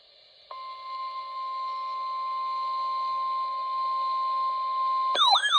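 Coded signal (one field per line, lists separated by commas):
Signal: Emergency Alert System (SAME) tones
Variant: 1050 Hz attention tone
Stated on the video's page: Real alerts from the convective events of the final day of the year.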